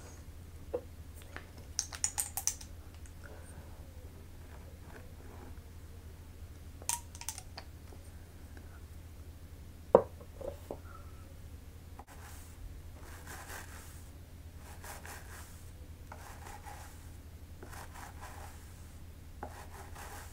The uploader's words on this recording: ASMR Relaxing Scalp Massage & Treatment.